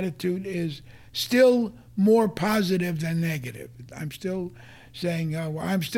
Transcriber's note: none